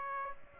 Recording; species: mosquito wingbeat signal from an infrared sensor; Aedes aegypti